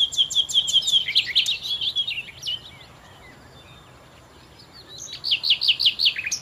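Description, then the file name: Common nightingale song: loud fast repeated notes at the start, a quiet pause with faint whistles, then another burst of rapid loud repeated notes. "Nachtigall"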